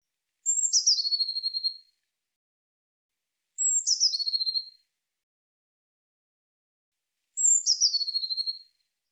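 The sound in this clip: Eurasian blue tit calls: a few high, sharp notes that slide down into a buzzy, rapidly ticking churr, each phrase just over a second long and repeated every three to four seconds.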